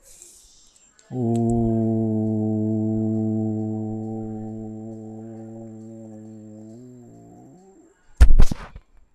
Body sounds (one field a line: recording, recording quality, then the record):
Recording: sustained vowel as in boot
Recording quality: moderate, slight background noise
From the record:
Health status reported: healthy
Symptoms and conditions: diabetes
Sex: male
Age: 51 years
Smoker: yes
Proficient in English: yes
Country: India